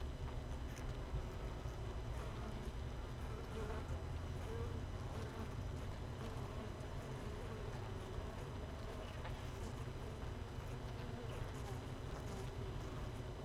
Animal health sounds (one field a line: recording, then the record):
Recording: honeybee colony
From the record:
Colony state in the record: missing queen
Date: 31 May 2018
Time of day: 6:26